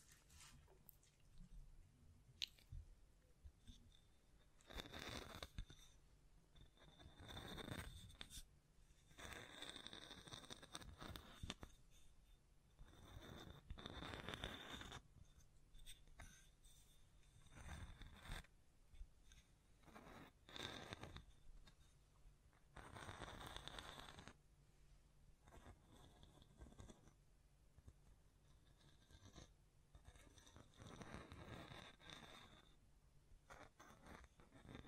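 Tapping, scratching and hand sounds brushing over the microphone come in uneven bursts, with bright rushing swipes around 5, 8, 10, 15, 18, 23–24 and 32 seconds. Between them, soft scratchy rustling and small taps continue over a low steady hum.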